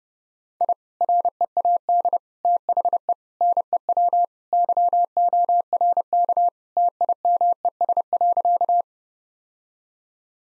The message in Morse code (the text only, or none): I READ THE NEW YORK TIMES.